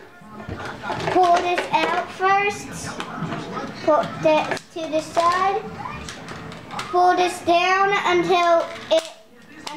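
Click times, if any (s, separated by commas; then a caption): 9.7 s. Someone talks while pulling a plastic fold-down part of a Power Rangers Dino Charge Megazord transforming robot toy down, then pegging it in. A single sharp click sounds at 9.7 s as the part seats into position.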